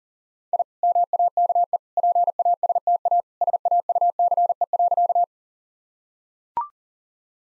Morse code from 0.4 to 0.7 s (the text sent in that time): I